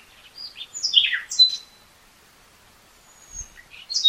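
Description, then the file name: Common nightingale song fragments: short descending whistles and chirps, then a thin high whistle and a brief final note after a quiet gap; faint low thump. "Luscinia megarhynchos"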